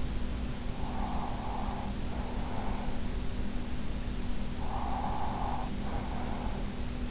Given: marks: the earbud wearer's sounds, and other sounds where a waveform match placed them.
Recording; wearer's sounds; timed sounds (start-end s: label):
sounds in sleep by an in-ear microphone; breath
0.62-3.59 s: breath
4.56-7.11 s: breath